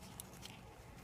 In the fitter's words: press in, and there you hear it click, and then you can pull it out.